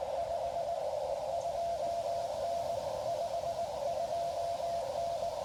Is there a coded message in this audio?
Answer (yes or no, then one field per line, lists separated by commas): yes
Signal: Morse code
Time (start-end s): 0.2-5.3 s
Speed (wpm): 21 wpm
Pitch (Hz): 680 Hz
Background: radio noise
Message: 52N 52N